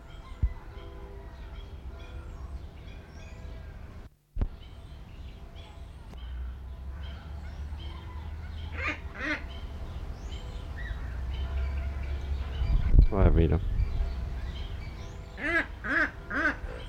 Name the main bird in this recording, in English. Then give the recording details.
Puna Ibis. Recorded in captivity. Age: adult. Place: Zoo Berlin, Berlin, DE. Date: 1994-05-28 12:01. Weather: bedeckt, 12-15°C. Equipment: Marantz CP 430, Sennheiser ME 80, Kopie Uher Variocord 263. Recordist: Tembrock, Günter